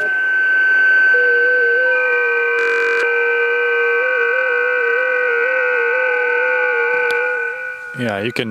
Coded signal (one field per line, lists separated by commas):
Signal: FT8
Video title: RADDY MALAHIT DSP2 - All Mode 10kHz-2GHz SDR Receiver